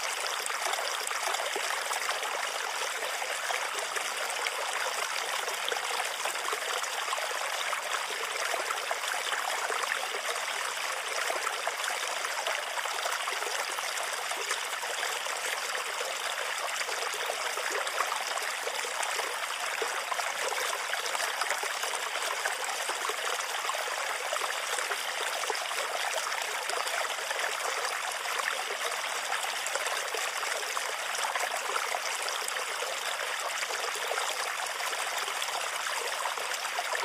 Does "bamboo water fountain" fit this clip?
yes